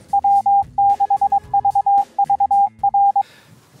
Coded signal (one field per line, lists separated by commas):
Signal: Morse code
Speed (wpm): 20 wpm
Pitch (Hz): 800 Hz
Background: none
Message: W6VVR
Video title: Building a Ham Radio Tower, First Steps - in California